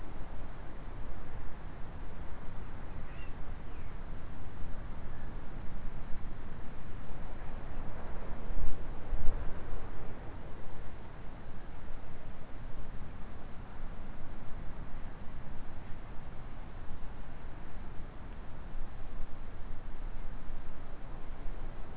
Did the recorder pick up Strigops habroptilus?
no